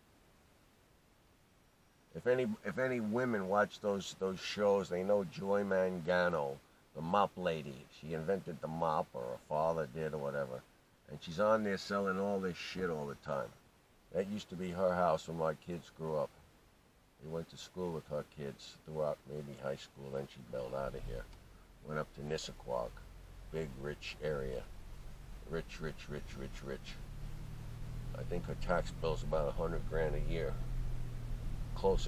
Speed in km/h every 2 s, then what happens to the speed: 0, 0, 0, 0, 0, 0, 0, 0, 0, 0, 0, 3, 6, 8, 16, 23.
0-21 standing. 21-32 pulls away to 23.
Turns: none.